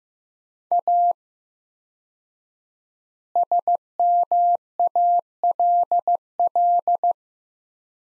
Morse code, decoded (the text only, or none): A SMALL